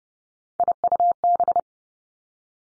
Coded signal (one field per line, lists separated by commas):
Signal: Morse code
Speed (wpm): 30 wpm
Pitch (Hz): 700 Hz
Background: none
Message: IUB